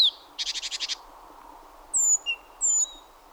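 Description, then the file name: Great tit giving a short harsh churring rattle of about six notes, followed by thin high whistled notes. "Parus major"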